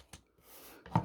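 The plastic knee joint of a transforming action figure's leg is flexed by hand, with soft handling taps at about 0.1 s and 0.9 s. A sharp click at 1.0 s marks the knee clicking into place, seated.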